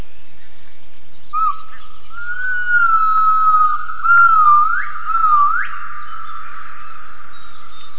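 Gibbon call: a sustained, pure whistled tone that wavers slightly, then breaks into two quick upward swoops near the end, with a steady high hiss behind.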